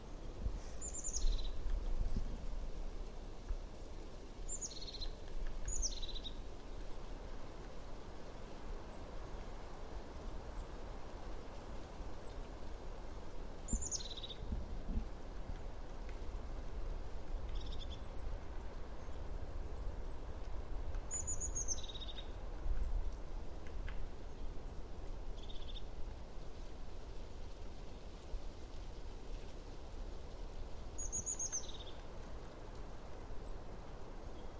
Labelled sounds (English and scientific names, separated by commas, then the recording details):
European Crested Tit (Lophophanes cristatus) call
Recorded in the wild
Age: adult
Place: Bernau bei Berlin, Barnim, Brandenburg, DE
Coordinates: 52.6942, 13.5214
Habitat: mixed forest
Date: 2012-02-26 14:42
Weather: 8°C, clear, moderate winds from N
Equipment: Sound Devices 702, Sennheiser MKH 415 T, Rhode Windschutz
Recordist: Frommolt, Karl-Heinz